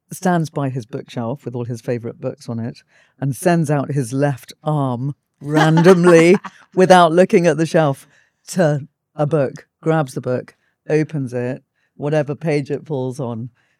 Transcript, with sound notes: stands by his bookshelf with all his favourite books on it and sends out his left arm randomly [laughs] without looking at the shelf to a book, grabs the book, opens it, whatever page it falls on